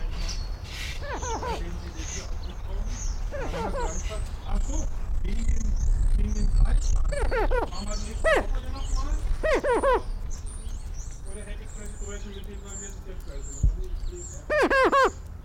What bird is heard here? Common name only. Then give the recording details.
Greater Prairie Chicken. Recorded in captivity. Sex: male. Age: adult. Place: Tierpark Berlin, Berlin, DE. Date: 1993-03-13 11:23. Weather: 5-12 °C, heiter. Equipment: Marantz CP 430, Sennheiser ME 80, Kopie Uher Variocord 263. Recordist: Tembrock, Günter